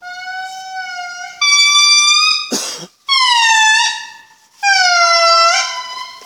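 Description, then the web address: Indri wailing song, long sustained harmonic notes that rise and then slide down, with a short noisy burst between phrases. Calling indri recorded in Andasibe, Madagascar, in 2013. "madagascar andasibe 2013 Calling of the Indri"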